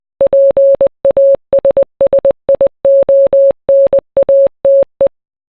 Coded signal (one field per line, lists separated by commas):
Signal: Morse code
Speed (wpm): 20 wpm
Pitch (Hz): 550 Hz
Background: none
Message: PASSIONATE